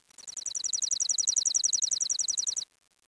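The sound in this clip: Bird trill of high, thin downslurred notes repeated rapidly for over two seconds, then stopping abruptly; no other clear sounds.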